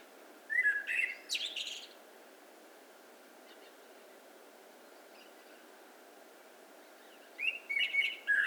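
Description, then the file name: Common blackbird song: a fluty warble ending in a harsh, high squeak, then silence, then a second warbled phrase about six seconds later. "Turdus merula"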